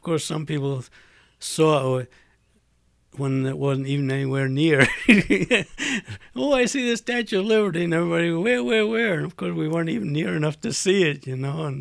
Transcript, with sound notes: Of course, some people saw when it wasn't even anywhere near. ( he laughs ) "Oh, I see the Statue of Liberty." And everybody would go, "Where? Where? Where?" And, of course, we weren't even near enough to see it, you know.